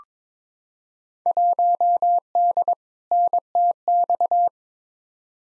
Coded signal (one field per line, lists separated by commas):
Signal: Morse code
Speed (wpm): 22 wpm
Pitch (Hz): 700 Hz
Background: none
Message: 1D NTX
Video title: Field Day Exchange v2 - 22wpm